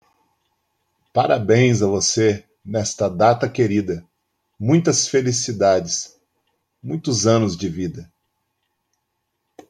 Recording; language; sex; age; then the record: short text; Brazilian Portuguese; male; 50 to 59 years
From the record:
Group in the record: control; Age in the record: 54 years